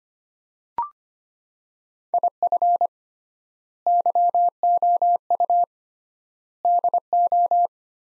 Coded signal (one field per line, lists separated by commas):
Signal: Morse code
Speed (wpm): 25 wpm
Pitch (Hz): 700 Hz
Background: none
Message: IF YOU DO